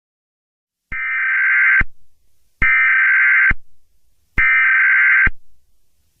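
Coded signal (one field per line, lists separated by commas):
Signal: Emergency Alert System (SAME) tones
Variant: header bursts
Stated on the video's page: Fictional EAS scenario, simulated rather than a real alert.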